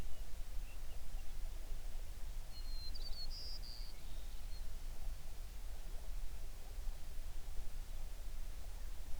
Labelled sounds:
songbird
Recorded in the Prudhoe Bay oil fields, Alaska, on 11 June 2019 at 05:19
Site 21

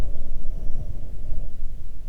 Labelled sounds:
songbird, wind
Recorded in the Arctic National Wildlife Refuge, Alaska, on 3 June 2019 at 04:49
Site 37

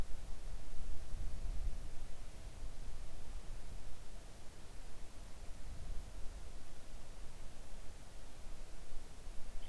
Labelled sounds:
near silence
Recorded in the Arctic National Wildlife Refuge, Alaska, on 3 August 2019 at 05:20
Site 41

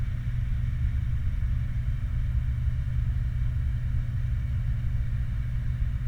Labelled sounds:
vehicle
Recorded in the Prudhoe Bay oil fields, Alaska, on 29 July 2019 at 00:57
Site 29

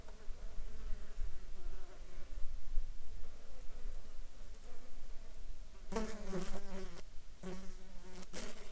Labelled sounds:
insects
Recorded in Ivvavik National Park, Yukon, on 7 July 2019 at 12:56
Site SINP03

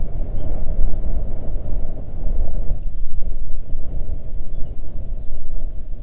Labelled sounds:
songbird, wind
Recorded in the Arctic National Wildlife Refuge, Alaska, on 3 June 2019 at 04:30
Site 37

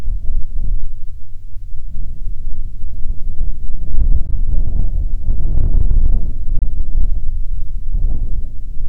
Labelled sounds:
wind
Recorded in the Prudhoe Bay oil fields, Alaska, on 27 June 2019 at 00:11
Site 22

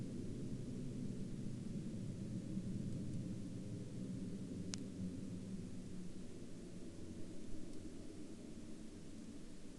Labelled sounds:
aircraft
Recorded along the Dempster Highway, Canada, on 16 October 2019 at 18:44
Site 25

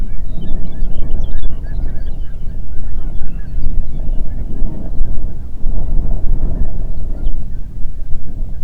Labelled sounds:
songbird, waterfowl, wind
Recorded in the Prudhoe Bay oil fields, Alaska, on 8 June 2019 at 04:29
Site 30

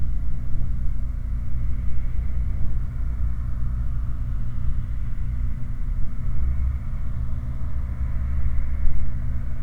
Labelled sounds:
truck, machinery
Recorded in the Prudhoe Bay oil fields, Alaska, on 15 August 2019 at 19:38
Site 29

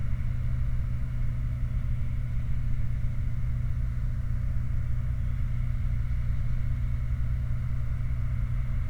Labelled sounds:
machinery, flare stack
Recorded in the Prudhoe Bay oil fields, Alaska, on 29 July 2019 at 04:10
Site 29

